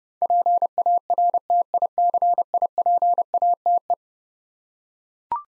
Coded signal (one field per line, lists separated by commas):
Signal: Morse code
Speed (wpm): 31 wpm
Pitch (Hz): 700 Hz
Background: none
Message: PARTICIPATE